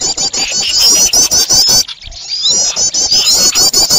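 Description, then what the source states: Birds in a frantic chatter of high, wavering squeaks, halted briefly near the midpoint, with ticking clicks underneath. Noisy bird sounds used for luring birds.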